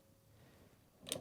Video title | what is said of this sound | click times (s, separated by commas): NEW: Precision Turret Press from Frankford Arsenal | And what you want to look for, just like that, you hear a click a little bit. | 1.1 s